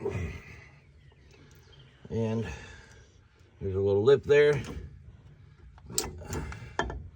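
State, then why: Seated. A Detroit Axle brake pad is put back into the caliper or caliper bracket of a 2006 Dodge Ram 1500 Mega Cab pickup's disc brake, fitted past a small lip. Someone talks first, then a few sharp metallic taps and knocks follow. The pad clicks into place at about 6.8 s.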